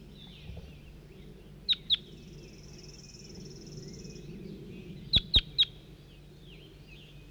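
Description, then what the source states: Crossbill uttering short, piercing call notes, a pair and then a triplet, separated by a few seconds, with a high buzz and rumbling low background noise. Individual bird labelled 4-3.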